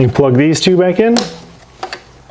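Two engine harness connectors on a Nissan 3.5L V6 (Murano/Altima/Pathfinder) are handled for plugging back onto their sockets after the intake work, while someone talks. Two brief handling sounds come near 1.8 s and 1.9 s, but nothing has seated or clicked yet.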